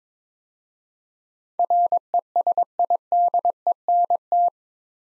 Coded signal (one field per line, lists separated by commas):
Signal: Morse code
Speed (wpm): 23 wpm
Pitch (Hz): 700 Hz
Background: none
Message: RESIDENT